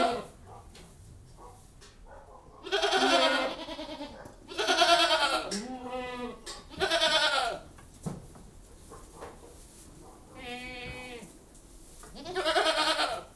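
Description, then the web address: Goats bleating repeatedly, several harsh wavering bleats spaced a couple of seconds apart, some rougher and noisier, with quieter rustling and shuffling between calls. Goats in a goat house. "The BBC Sound Effects Library. Goat House"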